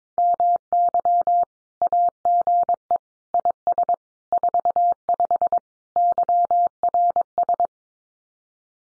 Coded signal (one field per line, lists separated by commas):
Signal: Morse code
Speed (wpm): 22 wpm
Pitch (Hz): 700 Hz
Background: none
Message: MY AGE IS 45 YRS